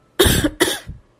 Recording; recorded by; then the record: voluntary cough; messaging app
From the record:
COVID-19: negative